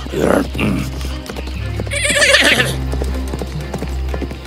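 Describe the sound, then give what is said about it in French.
Rhythmic clip-clop of a horse's hooves galloping through a forest runs throughout, joined midway by a loud, high, quavering horse whinny that rises and then fades back into the steady hoofbeats. “Oh, oui, oh, un jour, alors que je galopais dans la forêt, j'ai rencontré un géant endormi.”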